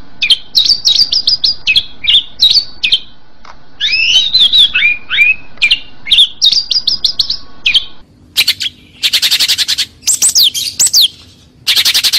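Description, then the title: Oriental magpie-robin song of quick whistled and chirping notes in varied phrases, ending in harsher, buzzy bursts. "Kacer"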